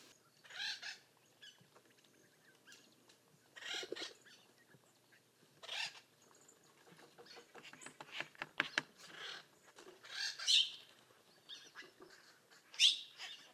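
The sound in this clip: Bird producing scattered harsh squawks and rapid rattling clicks at low volume, with a couple of brief sharp chips near the end.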